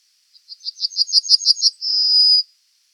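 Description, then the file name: Bunting song: a quick run of several short, high, clipped notes, closing with one long drawn-out high note. "Golosa ptic i zverei - Ovsyanka"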